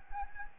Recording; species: mosquito wingbeat signal from an infrared sensor; Anopheles gambiae